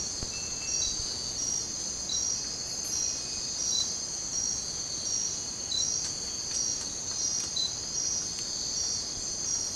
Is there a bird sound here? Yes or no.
no